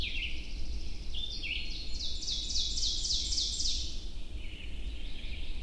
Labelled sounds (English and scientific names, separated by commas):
Ovenbird (Seiurus aurocapilla) song